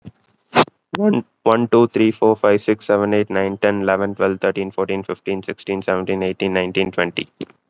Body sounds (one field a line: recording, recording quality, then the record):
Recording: counting at a fast pace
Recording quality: excellent, no background noise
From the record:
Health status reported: COVID-19 positive, mild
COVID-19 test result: positive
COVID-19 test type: RT-PCR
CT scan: not taken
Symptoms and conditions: cough, fever, fatigue, muscle pain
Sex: male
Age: 20 years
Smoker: no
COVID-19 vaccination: one dose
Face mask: worn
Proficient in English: yes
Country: India